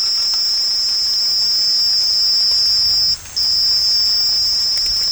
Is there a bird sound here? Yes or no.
no